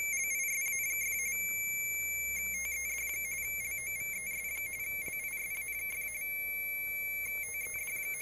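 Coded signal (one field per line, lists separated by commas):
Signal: RTTY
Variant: 5-bit Baudot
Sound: rapid warbling between two close high tones, then a steady high tone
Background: room hum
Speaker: and the computer will decode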